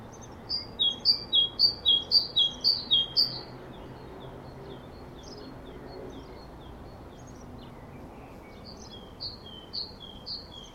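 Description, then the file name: Great tit song with quick alternating high and low whistled notes repeated several times, a pause of several seconds, then the phrase resumes briefly. "Parus major"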